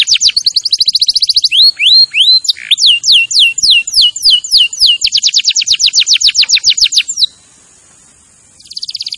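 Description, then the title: Canary song with rapid trills alternating with rising and falling whistled notes, a long fast rattle, a brief pause, then a new trill begins. "Kenari Gacor"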